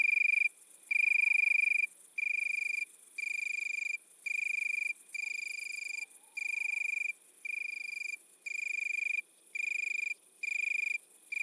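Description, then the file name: Italian tree cricket singing in loud, even trills of roughly one second with brief gaps, repeated steadily, with a softer high insect pulsing continuing underneath. Recorded at midnight at Le Puech, Cantal. "grillon-d Italie-a-minuit-Le-Puech-Cantal"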